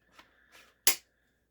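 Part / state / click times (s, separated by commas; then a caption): adjustable stock on buffer tube / seated / 0.9 s. The adjustable stock on the buffer tube of an Umarex HDR68 Toursekev Delta M68 carbine is slid along the tube, making two soft sliding rustles. It then locks into the next position with a sharp click at 0.9 s. The stock is seated firmly and is not wiggly.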